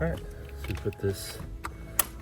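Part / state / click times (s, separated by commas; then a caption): wiring harness plug into engine-bay connector / seated / 2.0 s. Someone talks while a wiring harness plug is pushed back onto its connector in the engine bay of a BMW B58 during an oil change. A sharp click sounds at 2.0 s as the plug seats, confirming it is connected.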